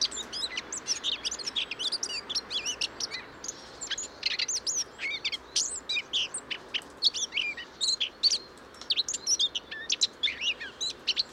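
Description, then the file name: Eurasian blackcap singing a long, busy warble of quick chirps and thin whistles, dense throughout with a few brief gaps. "Sylvia atricapilla"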